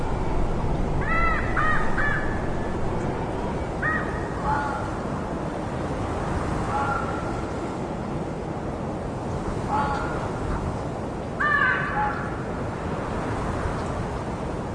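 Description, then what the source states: Crow cawing in hoarse bursts, several harsh caws early on, then scattered single and doubled caws, over a steady rushing wind. Crow heard together with wind.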